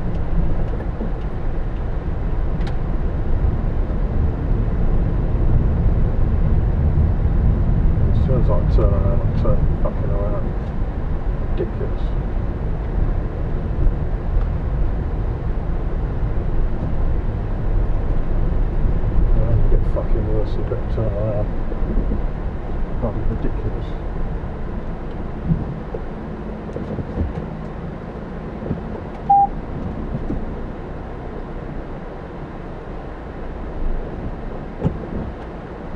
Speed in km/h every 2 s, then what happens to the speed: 10, 10, 15, 19, 19, 11, 11, 11, 13, 15, 13, 11, 6, 0, 0, 0, 0, 0.
0-8 speeds up to 19. 8-10 brakes to 11. 10-18 steady at about 11. 18-26 slows to 0. 26-36 standing.